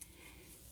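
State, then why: Not seated. A metal component is handled and slid toward position during reassembly of a folding knife body. A brief sharp transient near the start is followed by a low, steady background. Nothing has seated or clicked yet.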